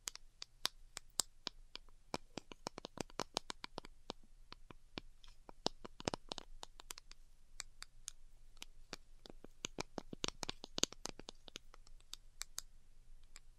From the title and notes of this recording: ASMR DELICATE Tapping for Sleep (No Talking).